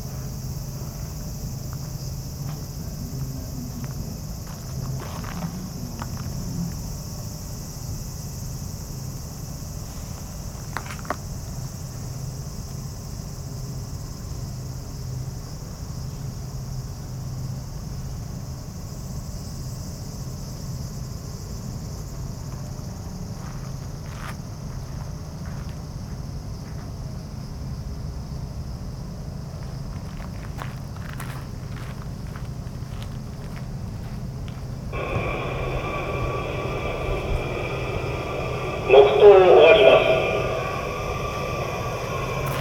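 Field recording at Yasukuni Shrine in Tokyo: a steady low rumble of traffic runs underneath a constant high, thin insect drone, with scattered faint clicks and taps. From about 35 seconds a denser, buzzing layer joins, briefly growing louder near 40 seconds.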